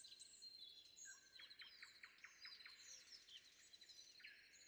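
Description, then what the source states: Common nightingale singing a quick series of repeated sharp notes, then scattered chirps, against a constant high-pitched insect-like drone. Recorded before dawn.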